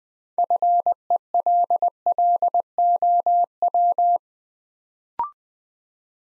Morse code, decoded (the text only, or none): FELLOW